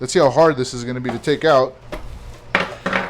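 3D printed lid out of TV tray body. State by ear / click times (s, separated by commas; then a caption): released / 2.5 s. Someone talks while pulling a locked 3D-printed plastic lid back out of a 3D-printed TV tray body. A loud snap at 2.6 s marks the lid popping free, followed by a brief rattle. The lid is released, but it is hard to take out.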